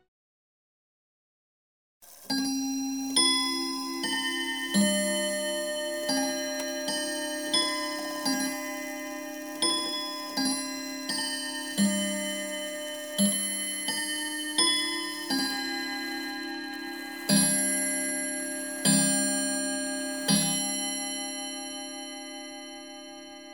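A clock strikes the time with a deep, resonant bell tone, beginning after about two seconds of silence. Roughly a dozen strikes follow at a steady pace, each ringing with bright overtones that overlap and hum together. After the last strike near twenty seconds, the ringing slowly fades.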